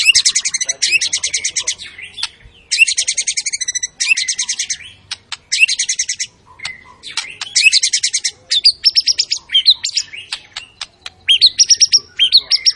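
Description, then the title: White-rumped shama song: dense bursts of very fast, high buzzy rattling phrases separated by short pauses, repeated many times with some sharper whistled notes toward the end. Lure sound of a very active white-rumped shama singing its full repertoire, meant to stir up other shamas. "MURAI BATU. MURAI GACOR SUPER EDAN SEMUA MATERI DI KELUARIN. SHAMA BIRD"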